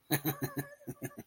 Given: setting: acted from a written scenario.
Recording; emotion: vocal sound without words; amusement